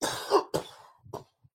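An adult coughs three times in quick succession after inhaling a cannabis dab from a Dr. Dabby device: a long, harsh first burst, a second nearly as strong, then a short, weaker third. The coughs are loose, explosive and irritant-type, part of ongoing coughing, and fade out at the end of the run.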